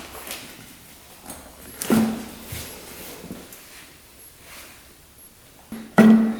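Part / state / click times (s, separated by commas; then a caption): scooter seat onto its metal latch piece on the frame / seated / 6.0 s. A scooter seat that has been taken off is pushed back onto its metal mounting piece on the frame, with a muffled thunk at 1.8 s and softer handling knocks. A sharp, loud clunk at 6.0 s is the seat locking into place on the mount.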